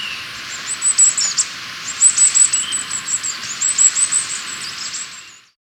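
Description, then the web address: Agile tit-tyrant giving thin, very high twittering notes in quick uneven runs, fading out at the end against a soft background hiss. Recorded in Ecuador. "Birds of Ecuador 2. Agile Tit-Tyrant"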